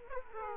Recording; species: mosquito wingbeat signal from an infrared sensor; Aedes aegypti